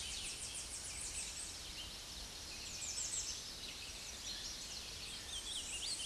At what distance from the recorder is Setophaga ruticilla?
about 35 m